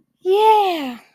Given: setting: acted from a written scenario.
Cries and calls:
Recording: vocal sound without words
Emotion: realization

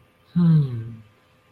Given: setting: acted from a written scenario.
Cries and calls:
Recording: vocal sound without words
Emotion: contentment

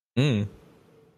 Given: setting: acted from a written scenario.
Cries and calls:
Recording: vocal sound without words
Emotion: neutral

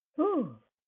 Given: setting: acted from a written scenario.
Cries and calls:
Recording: vocal sound without words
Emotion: elation

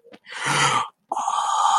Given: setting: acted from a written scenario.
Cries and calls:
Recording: vocal sound without words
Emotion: distress

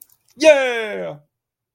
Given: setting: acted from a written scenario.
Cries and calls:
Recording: vocal sound without words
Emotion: triumph

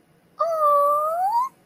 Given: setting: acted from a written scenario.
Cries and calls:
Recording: vocal sound without words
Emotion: adoration

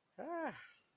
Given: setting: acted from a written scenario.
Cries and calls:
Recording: vocal sound without words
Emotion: contentment

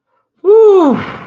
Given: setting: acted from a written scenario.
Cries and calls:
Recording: vocal sound without words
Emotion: contentment

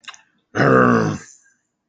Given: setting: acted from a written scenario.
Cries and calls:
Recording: vocal sound without words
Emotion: anger

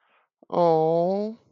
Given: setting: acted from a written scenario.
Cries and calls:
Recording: vocal sound without words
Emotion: sadness

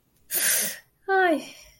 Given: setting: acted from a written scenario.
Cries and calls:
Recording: vocal sound without words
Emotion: distress

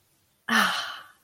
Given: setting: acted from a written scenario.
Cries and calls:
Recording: vocal sound without words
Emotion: triumph

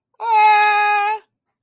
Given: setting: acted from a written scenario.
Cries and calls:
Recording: vocal sound without words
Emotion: distress

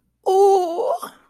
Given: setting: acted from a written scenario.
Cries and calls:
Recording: vocal sound without words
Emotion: adoration

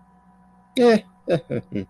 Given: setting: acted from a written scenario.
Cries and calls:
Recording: vocal sound without words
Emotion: neutral

